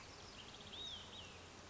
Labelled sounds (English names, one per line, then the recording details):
Olive-sided Flycatcher
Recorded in Sonoma County, California